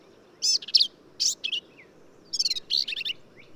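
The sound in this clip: Black-capped Vireo song: two bursts of harsh, chattering and warbled high notes, each phrase a quick jumble of buzzy and slurred elements, with faint low background hiss.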